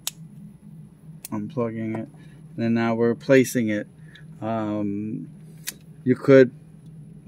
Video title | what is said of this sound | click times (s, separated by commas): Toyota Prius Dash Removal for Install of 9 Inch Touchscreen | right here like so you'll hear a click | 0.1 s